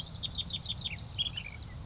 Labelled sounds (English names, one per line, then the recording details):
Ash-throated Flycatcher
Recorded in Sonoma County, California